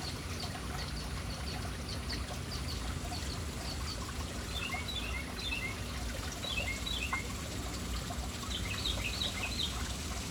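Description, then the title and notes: Birds chirping, short high chips and sweeps scattered throughout over a steady rushing wash of water. City birds hanging around a fountain in an urban setting. "Urban birds at fountain. Relaxing sounds of City Birds hanging around fountain"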